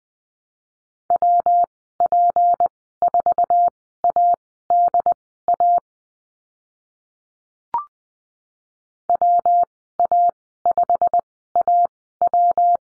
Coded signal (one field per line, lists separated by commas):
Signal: Morse code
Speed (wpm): 20 wpm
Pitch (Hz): 700 Hz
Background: none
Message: WP4ADA WA5AW